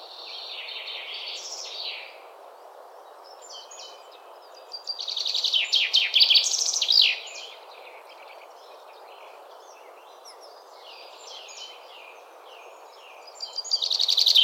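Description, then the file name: Common Chaffinch song: two bright descending trills with a flourish, the first near the start and the second louder midway, another beginning at the end, over steady low hiss. "Fringilla coelebs"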